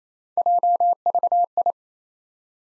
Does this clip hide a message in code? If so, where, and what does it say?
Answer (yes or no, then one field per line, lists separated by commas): yes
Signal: Morse code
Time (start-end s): 0.4-1.7 s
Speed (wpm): 27 wpm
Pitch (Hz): 700 Hz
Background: none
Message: JVI